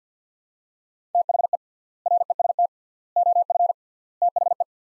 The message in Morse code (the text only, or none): THE REST OF THE